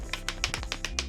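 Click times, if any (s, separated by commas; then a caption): 0.4 s, 1.0 s. Softbox support rods spread open and snap into their locked positions in the softbox mounting ring of a video light, giving a series of sharp clicks over a low background hum. The rods are heard seating with clicks at 0.4 and 1.0 seconds.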